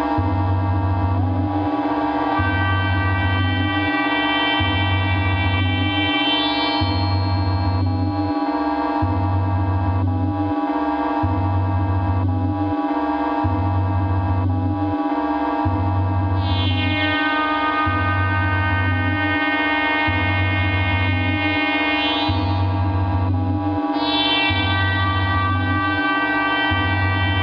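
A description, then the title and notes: An analog synth noise scape built on a pulsing low drone that throbs in a steady pattern about every two seconds. Above it, dense ringing metallic tones shimmer and swell, with brighter sweeping bursts around sixteen and twenty-four seconds, at a constant, loud level. Analog noise scape.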